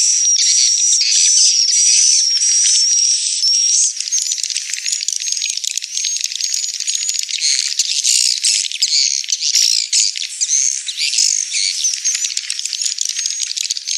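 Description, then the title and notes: Swiftlets calling; a wavering high whistle opens, followed by busy rattling chirps and scratchy twitters that continue to the end. Swiftlet house lure sound, Tien Giang, Vietnam. "Am thanh nha yen Akau Vietnam - Tien giang. Những âm thanh chim yến thuộc thương hiệu AKAU"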